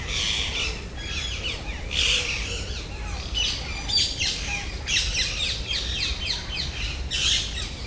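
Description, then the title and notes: Rose-ringed parakeets squabbling, a dense, continuous chorus of harsh overlapping screeches and chattering notes, swelling in repeated loud bursts over low background noise. Ring-necked parakeets squabbling in late afternoon in a garden in Paris, France; recorded with an MCE 530 microphone, USB dual preamp and H2 recorder. "Insectes (grillons?) puis des perruches qui se chamaillent en fin d'après-midi au jardin d'agronomie tropicale de Paris."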